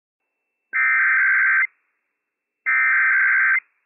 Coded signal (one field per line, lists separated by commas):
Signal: Emergency Alert System (SAME) tones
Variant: header bursts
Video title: Washington State EOC RWT - WWF56 - EAS #177 - 10:59 AM PDT 10/12/21